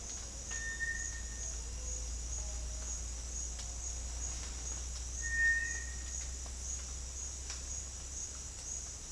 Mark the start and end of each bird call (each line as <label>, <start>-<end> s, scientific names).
Crypturellus cinereus, 0.44-1.48 s
Crypturellus cinereus, 5.16-6.06 s